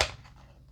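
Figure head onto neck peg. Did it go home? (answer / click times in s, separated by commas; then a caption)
no / none. Someone tries to pop the plastic head of a Marvel Legends Venompool build-a-figure onto its neck peg, producing a single sharp snap at the very start that quickly fades into a quiet, low tail. The head fails to go on; nothing has seated yet.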